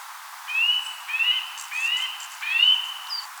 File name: Sitta europaea